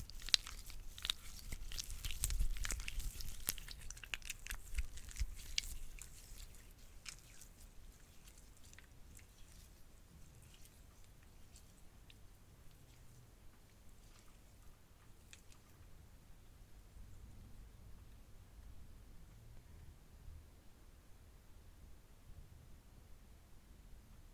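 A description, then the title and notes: Slime being pressed and squished, with a dense burst of sticky pops and crackles in the first six seconds. After that the handling turns quieter and sparser, with scattered small pops and soft low squelches until the end. ASMR WITH BAD SLIME & GOOD SLIME Popping & Crunching For TingleSss.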